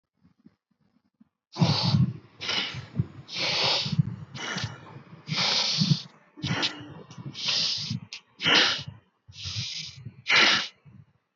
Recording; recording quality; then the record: deep breathing; moderate, slight background noise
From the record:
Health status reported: healthy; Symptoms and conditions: none ticked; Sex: male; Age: 26 years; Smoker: not ticked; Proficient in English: yes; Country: India